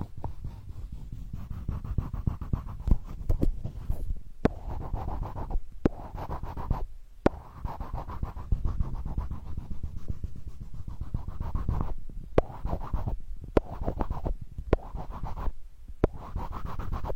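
Sandalwood being worked with a dense, rough scratching that runs almost continuously, low and grainy, broken by a few brief pauses. Sharp single taps cut through every second or two, clustering near the pauses from about three seconds onward.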